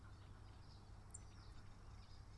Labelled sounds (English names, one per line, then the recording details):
Song Thrush
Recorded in Germany
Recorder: ecoPi